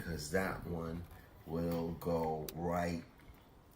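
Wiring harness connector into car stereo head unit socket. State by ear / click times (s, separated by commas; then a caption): not seated / none. A plastic wiring harness connector is handled near its socket on the back of an aftermarket ViaBecs wireless Apple CarPlay car stereo head unit being installed in a 2019 Toyota Highlander. Someone talks throughout, with faint handling noise underneath. The connector has not seated or clicked yet.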